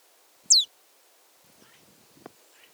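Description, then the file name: Marsh tit call, one loud, thin note falling quickly from high to lower pitch, followed by soft scattered rustling. "Poecile palustris"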